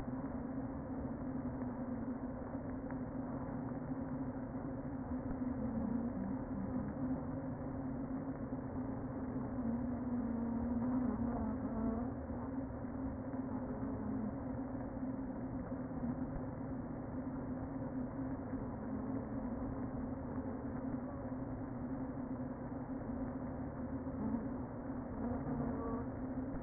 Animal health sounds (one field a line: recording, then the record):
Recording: honeybee colony, microphone inside the hive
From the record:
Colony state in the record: queen present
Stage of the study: before two queens were removed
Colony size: about 60,000 bees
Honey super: yes